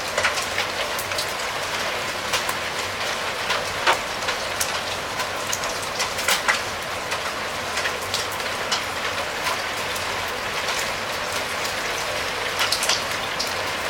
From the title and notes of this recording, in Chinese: 雨打在屋顶上。